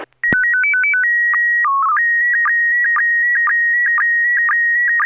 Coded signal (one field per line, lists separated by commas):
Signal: SSTV (slow-scan television)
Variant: PD 120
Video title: N6NA SSTV Net - 09/13/2023